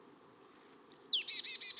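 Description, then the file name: Marsh Tit call: a high thin note, then a sharp descending chip leading into a rapid series of buzzy, nasal repeated notes. "Poecile palustris"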